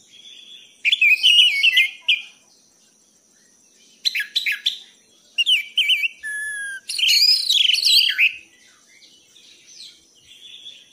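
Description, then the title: Thrush singing varied whistled phrases in bursts, rich warbles and slurred notes separated by short pauses. Training recording (masteran) for teaching caged songbirds, titled as a gacor teler bird. "anis gacor teler"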